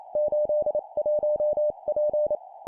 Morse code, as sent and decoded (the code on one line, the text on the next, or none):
---.. .---- .--.
81P